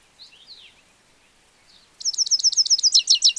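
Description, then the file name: European goldfinch calls: soft scattered slurred notes, then from midway a rapid, regular series of high tinkling twitters growing louder to the end. "Carduelis carduelis"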